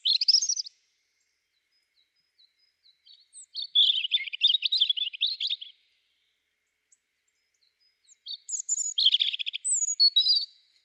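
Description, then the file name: European robin song: high, rapid twittering phrases of thin whistles and trills, separated by silent pauses, with no other sounds. "Erithacus rubecula"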